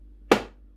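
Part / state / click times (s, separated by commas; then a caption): mixing bowl locking onto food processor base / seated / 0.3 s. A plastic mixing bowl is set on the base of a Bosch Multitalent 8 food processor and turned clockwise until it locks into place. A single loud, sharp click sounds at 0.3 seconds and quickly dies away. The bowl is seated.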